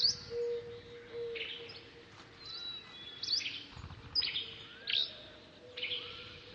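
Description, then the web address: Birds chirping in short bursts of high, sweeping notes over a steady low tone. "funny birds"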